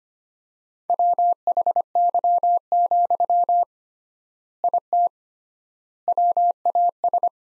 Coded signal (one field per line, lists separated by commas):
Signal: Morse code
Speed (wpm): 25 wpm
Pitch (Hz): 700 Hz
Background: none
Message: WHY, IT WAS